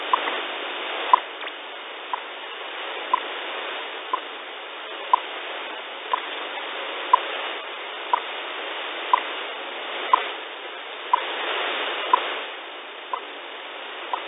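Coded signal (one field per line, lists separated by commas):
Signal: radio time signal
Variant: WWV/WWVH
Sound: brief clicking 1 kHz ticks every second, about 14, under hissing shortwave static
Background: radio static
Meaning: Each tick marks one second of the time broadcast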